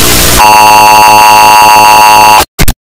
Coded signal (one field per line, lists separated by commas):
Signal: Emergency Alert System (SAME) tones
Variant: 853 and 960 Hz attention tone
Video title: eas alarm earape (volume warning)